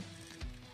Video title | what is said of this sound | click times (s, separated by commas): TRANSFORMERS LEGACY EVOLUTION VOYAGER CLASS METALHAWK | snap that into place and boom now with the legs you're going to want to pretty | 0.4 s